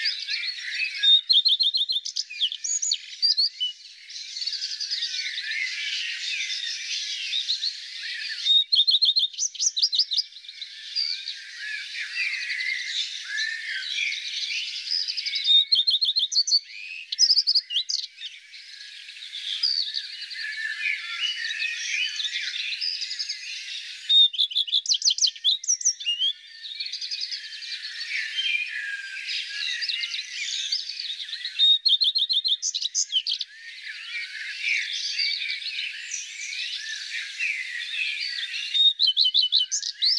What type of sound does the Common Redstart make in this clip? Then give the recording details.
song. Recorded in the wild. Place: Oberrotweil am Kaiserstuhl / Bickensohl, Baden-Württemberg, DE. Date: 1991-05-14. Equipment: Dat-Recorder Casio DA 7, Telinga M2, stereo, Telinga-Parabolspiegel. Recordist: Schwarz, Dieter